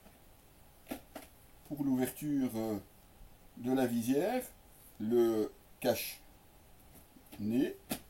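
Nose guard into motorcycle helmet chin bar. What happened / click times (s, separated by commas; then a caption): Handled, not yet home: helmet nose guard not yet clipped in / none. A plastic nose guard is handled against the inside of the chin bar of an Airoh Matryx full-face motorcycle helmet while someone talks, with a few brief, faint handling taps between the words. Nothing has seated or clicked yet; the clip ends just before the nose guard goes home.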